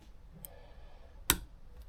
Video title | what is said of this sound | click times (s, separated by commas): Lucas 35d8 distributor - | There we are. Right. You heard it click in then. | 1.3 s